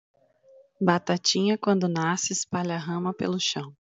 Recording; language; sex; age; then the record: short text; Brazilian Portuguese; female; 30 to 39 years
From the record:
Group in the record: control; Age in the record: 34 years